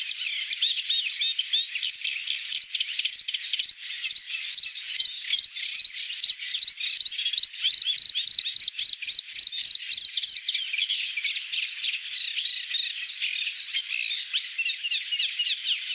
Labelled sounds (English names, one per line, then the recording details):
Bluethroat song
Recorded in the wild
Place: NSG Wagbachniederung, Baden-Württemberg, DE
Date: 1981-05-24
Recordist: Schwarz, Dieter